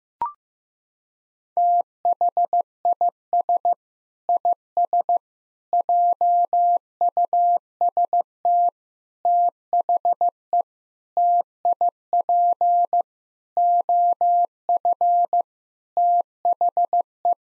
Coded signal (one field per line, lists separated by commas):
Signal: Morse code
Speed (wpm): 14 wpm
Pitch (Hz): 700 Hz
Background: none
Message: THIS IS JUST THE TIP OF THE